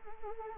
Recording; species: mosquito wingbeat signal from an infrared sensor; Anopheles arabiensis